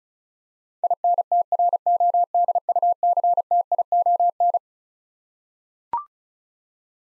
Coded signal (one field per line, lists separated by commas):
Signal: Morse code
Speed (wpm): 36 wpm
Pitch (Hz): 700 Hz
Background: none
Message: INTRODUCTION